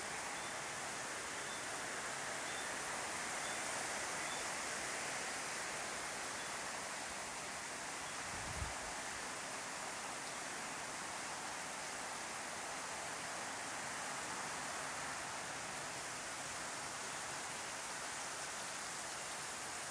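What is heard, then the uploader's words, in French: Heavy rain pours down in a dense, unbroken hiss that stays the same for the whole stretch, bright and full with a soft low rumble underneath. Around the middle, a single dull thud stands out briefly before the steady downpour continues. Immersion sous la pluie amazonienne. Enregistrement fait par mes soins en Amérique du Sud.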